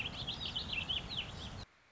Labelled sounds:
Warbling Vireo
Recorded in Sonoma County, California

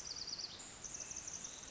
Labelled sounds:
Pacific Wren
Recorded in Sonoma County, California

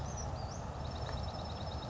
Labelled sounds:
Western Flycatcher
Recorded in Sonoma County, California

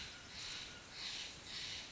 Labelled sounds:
Steller's Jay
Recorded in Sonoma County, California

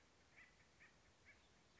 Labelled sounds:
Acorn Woodpecker
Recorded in Sonoma County, California

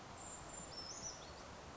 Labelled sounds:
Brown Creeper
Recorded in Sonoma County, California

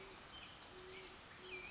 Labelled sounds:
Great Horned Owl
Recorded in Sonoma County, California

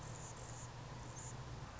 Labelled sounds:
Anna's Hummingbird
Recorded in Sonoma County, California

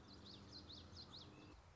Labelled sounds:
Common Yellowthroat
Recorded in Sonoma County, California

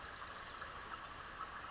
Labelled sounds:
California Towhee
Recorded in Sonoma County, California

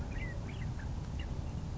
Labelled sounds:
California Quail
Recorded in Sonoma County, California

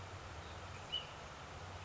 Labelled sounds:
Ash-throated Flycatcher
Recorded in Sonoma County, California

